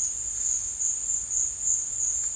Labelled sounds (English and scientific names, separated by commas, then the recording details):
none
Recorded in dense forest near Puerto Asís, Putumayo, Colombia, on 8 March 2025 at 15:00
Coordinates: 0.484, -76.317
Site G064